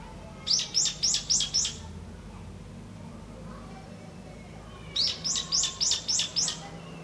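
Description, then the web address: Evening cicada song: two series of about six quick, ringing high pulses, evenly spaced, separated by a few seconds of soft background hum. "kanakana hiyo"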